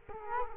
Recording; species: mosquito wingbeat signal from an infrared sensor; Culex quinquefasciatus